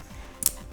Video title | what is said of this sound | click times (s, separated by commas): Révision d'une 22200 Ls Models et Transformation 2/3 Rails | Hop, et ça vient se clipser. | 0.5 s